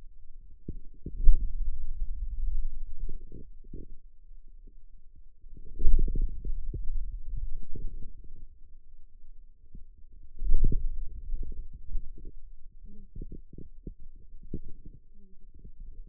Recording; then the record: forearm muscle sounds (acoustic myography)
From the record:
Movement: hand closing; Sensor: system 2, bracelet of six BSWA MPA416 microphones around the upper forearm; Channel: 2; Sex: male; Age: 22 years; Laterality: right